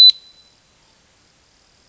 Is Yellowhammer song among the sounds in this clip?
no